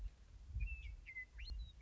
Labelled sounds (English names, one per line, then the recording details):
Western Meadowlark
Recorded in Sonoma County, California